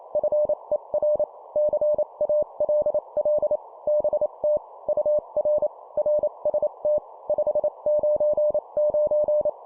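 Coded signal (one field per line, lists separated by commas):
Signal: Morse code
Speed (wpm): 28 wpm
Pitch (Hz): 600 Hz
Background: none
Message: FER CALL BT UR RST 599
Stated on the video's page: Simulated example CW CQ and QSO exchange at 25 WPM.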